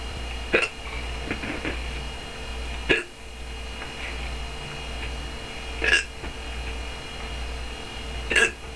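An adult's hiccups at 3:20 in the morning: four sharp, brief hiccup sounds at regular intervals, roughly every two and a half seconds, over a quiet room hum.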